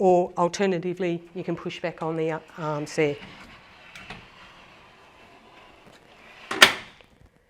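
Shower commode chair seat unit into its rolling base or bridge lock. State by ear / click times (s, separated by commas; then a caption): seated / 6.6 s. Someone talks, then a Showerbuddy shower commode chair seat unit is pushed back along its rail or bridge into its rolling base, with quieter movement sounds. A sharp, loud lock click at 6.6 s confirms the chair has locked in place on the base.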